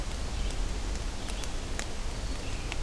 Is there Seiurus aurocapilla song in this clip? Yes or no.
no